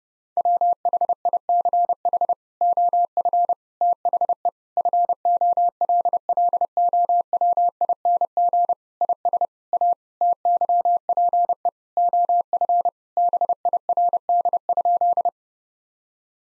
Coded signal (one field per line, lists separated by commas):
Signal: Morse code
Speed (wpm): 30 wpm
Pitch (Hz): 700 Hz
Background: none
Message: WHICH OF THE FOLLOWING IS A TYPE OF BIRD?